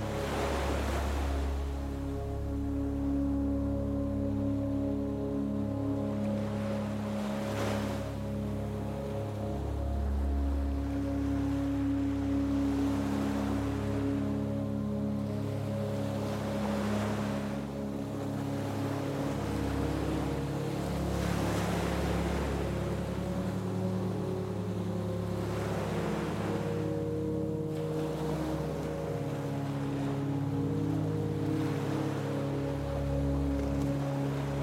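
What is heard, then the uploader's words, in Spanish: Soft music with slow, sustained tones and a deep, steady bass runs through the whole clip, its chords shifting gradually. Ocean waves wash in over it every few seconds as brief rushing swells, around 7, 12, 17, 21 and 27 seconds, keeping a constant level overall. La armonía de nuestra música suave y el sonido tranquilizador de las olas.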